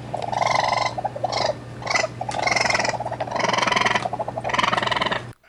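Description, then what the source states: Raccoon vocalizing in rough, purring trills, grouped into several chattering bursts over a few seconds, with a constant low hum behind. Medium-sized mammal with a black face mask.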